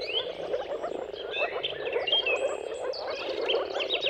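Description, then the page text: Moor frog mating chorus of soft bubbling calls underneath prominent bird song with clear whistled and sliding notes. Many moor frogs giving mating calls in a dawn chorus at sunrise, at the turn of March and April, timing depending on weather. "Jakub-Orzecki moor frogs. Dawn’s Chorus: Mating Calls of Marsh Frogs at Sunrise. Depending on the weather at the turn of March and April, you can witness an amazing spectacle of moor frogs"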